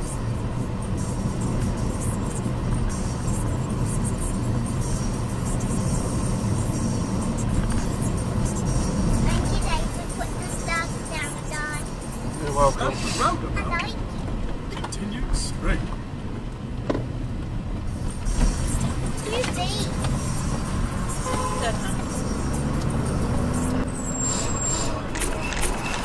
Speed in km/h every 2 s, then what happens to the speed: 71, 69, 68, 68, 66, 63, 61, 52, 35, 35, 34, 35, 48.
0-20 slows to 34. 20-26 speeds up to 48.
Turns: none.